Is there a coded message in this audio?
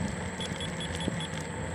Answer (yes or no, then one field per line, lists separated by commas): no